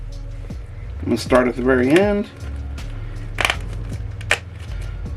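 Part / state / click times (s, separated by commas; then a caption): snap fasteners on a leather championship belt strap / seated / 3.4 s, 3.5 s, 4.3 s. Snap fasteners on the side plates of a replica WWF Winged Eagle championship belt's leather strap are pressed closed one by one, starting at the end of the strap. Someone talks at first, then sharp snap clicks come at 3.5 s, 3.5 s and 4.3 s. The snaps line up and click into place.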